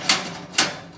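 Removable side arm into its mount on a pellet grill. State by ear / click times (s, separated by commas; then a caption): seated / 0.1 s, 0.6 s. A removable metal side arm is put back into its mount on an Expert Grill pellet grill and flipped down so it locks into place. Two sharp metallic hits sound at 0.1 s and 0.6 s, each ringing bright in the high range before fading. The arm is seated and locked.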